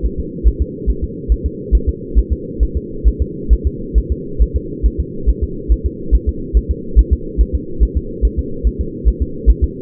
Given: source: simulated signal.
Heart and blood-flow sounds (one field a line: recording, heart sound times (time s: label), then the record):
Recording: fetal heart sounds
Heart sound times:
0.06 s: S1
0.20 s: S2
0.48 s: S1
0.62 s: S2
0.90 s: S1
1.04 s: S2
1.32 s: S1
1.46 s: S2
1.75 s: S1
1.89 s: S2
2.19 s: S1
2.33 s: S2
2.63 s: S1
2.77 s: S2
3.08 s: S1
3.22 s: S2
3.53 s: S1
3.67 s: S2
3.98 s: S1
4.12 s: S2
4.42 s: S1
4.56 s: S2
4.86 s: S1
5.00 s: S2
5.29 s: S1
5.44 s: S2
5.72 s: S1
5.86 s: S2
6.15 s: S1
6.29 s: S2
6.57 s: S1
6.71 s: S2
6.99 s: S1
7.13 s: S2
7.41 s: S1
7.55 s: S2
7.83 s: S1
7.97 s: S2
8.25 s: S1
8.39 s: S2
8.67 s: S1
8.81 s: S2
9.08 s: S1
9.22 s: S2
9.50 s: S1
9.64 s: S2
From the record:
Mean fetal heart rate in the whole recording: 140 bpm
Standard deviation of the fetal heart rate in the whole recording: 2 bpm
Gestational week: 34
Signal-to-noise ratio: -4.3 dB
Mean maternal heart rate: 72 bpm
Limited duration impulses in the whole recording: absent